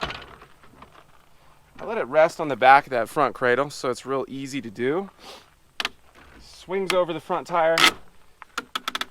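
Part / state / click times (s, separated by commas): front wheel hook arm ratcheting onto a bike tire on a hitch bike rack / seated / 8.4 s, 8.6 s, 8.8 s, 8.9 s, 9.0 s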